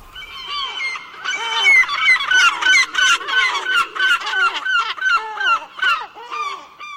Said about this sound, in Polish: Co tak krzyczy nad morzem? Z reguły właśnie mewy mają takie zawodzące głosy. One doskonale pasują tak naprawdę do morza. Jak się bywa w portach północnych Norwegii, Szwecji, ale też w niemieckich portach, To słychać.